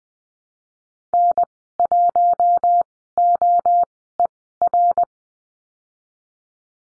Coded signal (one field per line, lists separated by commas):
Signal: Morse code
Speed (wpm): 20 wpm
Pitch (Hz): 700 Hz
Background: none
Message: N1OER